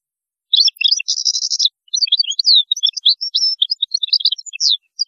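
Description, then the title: European goldfinch song: a long rush of bright, tinkling chirps, with a buzzy phrase near the start and rapid varied twitters. "Chant Chardonneret"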